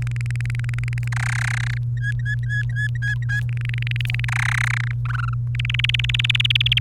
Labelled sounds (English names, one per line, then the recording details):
Domestic Canary song
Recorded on 29 April 2018 at 14:32
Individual llb3